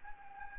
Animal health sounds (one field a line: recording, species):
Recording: mosquito wingbeat signal from an infrared sensor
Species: Anopheles gambiae